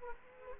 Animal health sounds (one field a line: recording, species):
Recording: mosquito wingbeat signal from an infrared sensor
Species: Culex quinquefasciatus